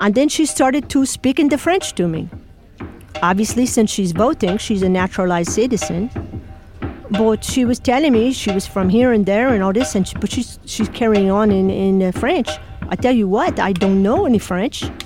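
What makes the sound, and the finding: Adult woman speaking. Foreign accent syndrome.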